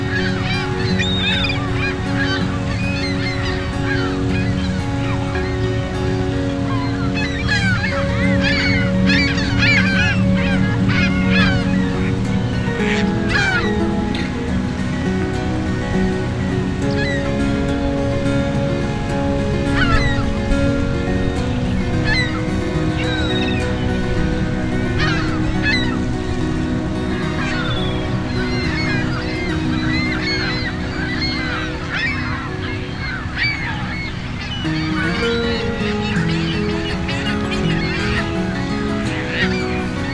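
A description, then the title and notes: A park soundscape dominated by a flock of geese honking almost continuously, with frequent overlapping calls, some loud. A steady low rumble, possibly water or traffic, runs underneath throughout, and faint voices occasionally surface. A Day at the Park.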